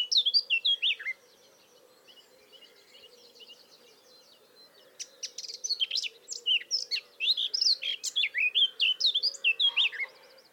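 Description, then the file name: Eurasian blackcap song: a short warbled burst, a quiet gap of about four seconds, then a longer, busy stream of high, slurred notes. "Sylvia atricapilla"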